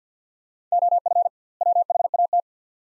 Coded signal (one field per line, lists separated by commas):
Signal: Morse code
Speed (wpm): 50 wpm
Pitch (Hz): 700 Hz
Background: none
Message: OF WHAT